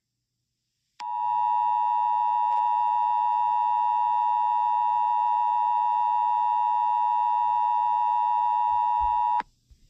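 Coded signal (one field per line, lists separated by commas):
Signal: Emergency Alert System (SAME) tones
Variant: 853 and 960 Hz attention tone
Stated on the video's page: Fictional EAS scenario of an attack.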